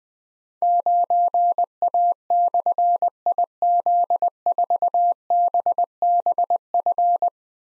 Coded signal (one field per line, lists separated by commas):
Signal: Morse code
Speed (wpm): 21 wpm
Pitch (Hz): 700 Hz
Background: none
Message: 9A/IZ4BBF